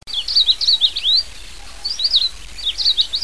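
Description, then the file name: Long-tailed rosefinch giving quick, high, twisting chirps in several bursts with short pauses between, over a soft steady background hiss. "benimashiko"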